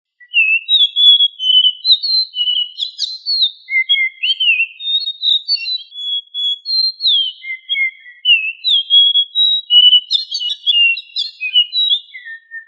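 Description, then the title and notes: Bird song of bright, varied whistled phrases, sliding up and down in quick succession, with chirps and twittering notes running almost continuously throughout. Bird song from Indonesia. "Kicau Burung Indonesia"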